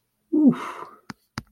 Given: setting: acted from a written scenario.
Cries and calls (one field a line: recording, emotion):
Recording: vocal sound without words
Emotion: ecstasy